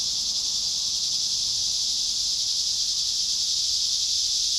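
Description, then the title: Cicadas droning together, a continuous shrill hiss-like buzz at constant pitch and loudness throughout. Cicadas at Trinity. "neoscenes: cicadas at Trinity"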